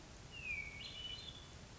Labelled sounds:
Hermit Thrush (Catharus guttatus)
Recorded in Sonoma County, California

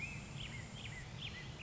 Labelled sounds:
Black-headed Grosbeak (Pheucticus melanocephalus)
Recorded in Sonoma County, California

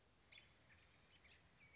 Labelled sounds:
American Robin (Turdus migratorius)
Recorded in Sonoma County, California

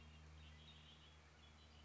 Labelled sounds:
Red-winged Blackbird (Agelaius phoeniceus)
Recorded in Sonoma County, California

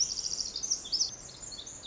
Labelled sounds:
Pacific Wren (Troglodytes pacificus)
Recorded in Sonoma County, California

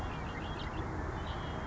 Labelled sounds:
Red-winged Blackbird (Agelaius phoeniceus)
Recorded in Sonoma County, California

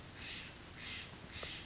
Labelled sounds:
Steller's Jay (Cyanocitta stelleri)
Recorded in Sonoma County, California

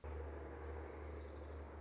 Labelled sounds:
Orange-crowned Warbler (Leiothlypis celata)
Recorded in Sonoma County, California

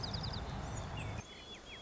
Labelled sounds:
White-crowned Sparrow (Zonotrichia leucophrys)
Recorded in Sonoma County, California

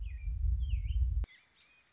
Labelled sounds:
American Robin (Turdus migratorius)
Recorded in Sonoma County, California

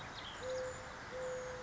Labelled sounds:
Mourning Dove (Zenaida macroura)
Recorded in Sonoma County, California

